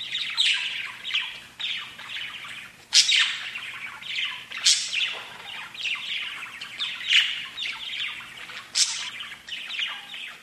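Budgerigar chirping calls, a steady stream of warbling chatter and sharp chirps with several louder squawky notes spaced throughout.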